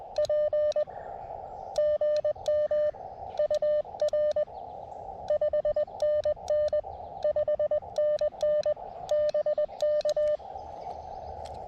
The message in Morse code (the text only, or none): P GM UR 5NN 5NN BK